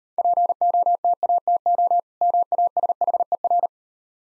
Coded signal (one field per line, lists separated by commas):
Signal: Morse code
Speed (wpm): 36 wpm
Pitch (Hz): 700 Hz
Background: none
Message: POTATO MASHER